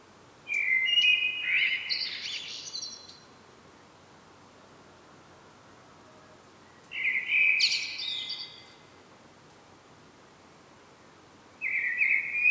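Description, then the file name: Common blackbird delivering three song phrases separated by pauses, the last cut off. Each is a throaty whistled opening that breaks into high, squeaky twittering. "Turdus merula"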